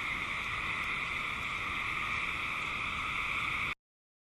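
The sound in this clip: Eastern gray treefrog chorus, a dense, unbroken wall of overlapping trills forming steady high and mid bands, ending abruptly after under four seconds.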